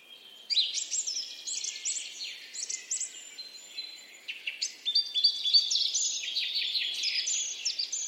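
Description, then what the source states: Bird song of fast jumbled twittering and high whistled notes running almost without pause. Singing, chirping.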